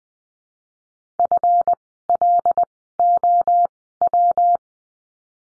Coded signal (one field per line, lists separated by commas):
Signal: Morse code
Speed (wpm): 20 wpm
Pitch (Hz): 700 Hz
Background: none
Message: FLOW